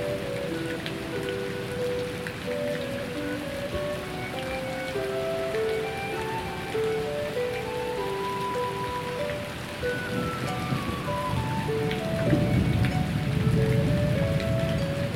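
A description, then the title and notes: A flute plays a slow, wandering melody of held notes over steady, dense rainfall. The rain hiss fills the background throughout, with a low rumble swelling louder from about twelve seconds onward while the flute line continues. Blissful summer rainstorm sounds and nordic flute melodies.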